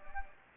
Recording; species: mosquito wingbeat signal from an infrared sensor; Anopheles gambiae